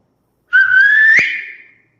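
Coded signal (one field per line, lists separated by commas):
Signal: whistled language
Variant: Silbo Gomero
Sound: one sustained whistle slowly rising in pitch, then a quick upward lift, fading out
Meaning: OK, understood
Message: bueno bueno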